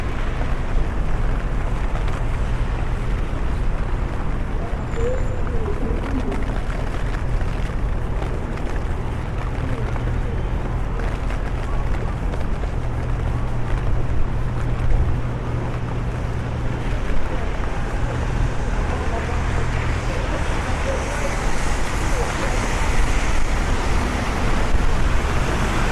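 A walk through London in the rain: a dense, steady hiss of rainfall fills the whole clip, with a low engine rumble humming underneath that comes and goes in long stretches. Faint voices and scattered footsteps or splashes surface now and then.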